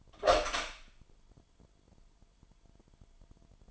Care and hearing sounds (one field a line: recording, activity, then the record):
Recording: daily activity, microphone in the room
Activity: open door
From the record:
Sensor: 5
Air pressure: 998.5 hPa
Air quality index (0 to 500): 82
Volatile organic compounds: 1 ppm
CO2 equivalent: 938 ppm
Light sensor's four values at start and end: 32/77/32/35 and 32/77/32/35